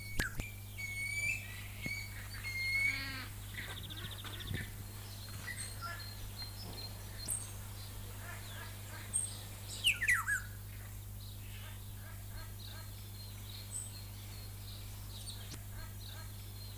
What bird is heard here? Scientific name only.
Oriolus chinensis